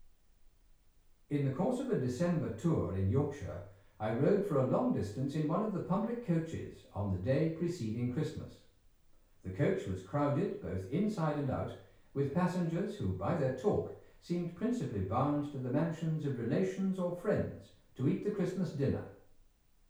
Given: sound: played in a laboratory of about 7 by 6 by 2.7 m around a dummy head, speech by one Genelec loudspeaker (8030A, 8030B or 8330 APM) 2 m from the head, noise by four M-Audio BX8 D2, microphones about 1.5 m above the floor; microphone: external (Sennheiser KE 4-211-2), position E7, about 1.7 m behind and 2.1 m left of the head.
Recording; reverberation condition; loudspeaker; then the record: male speech in English; medium; 90 degrees to the left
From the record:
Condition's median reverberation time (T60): about 510 ms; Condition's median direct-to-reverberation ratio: about -0.5 dB